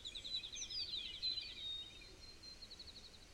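Bird song: a fast, high trill of repeated notes with a few thin whistles mixed in, heard against steady background noise.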